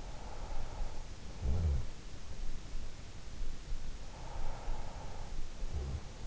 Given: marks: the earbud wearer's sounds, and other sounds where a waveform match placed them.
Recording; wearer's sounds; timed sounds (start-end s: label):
sounds in sleep by an in-ear microphone; snoring breath
0.65-2.83 s: snoring breath
3.95-6.27 s: snoring breath